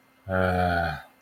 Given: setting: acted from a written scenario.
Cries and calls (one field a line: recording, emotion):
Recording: vocal sound without words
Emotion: disappointment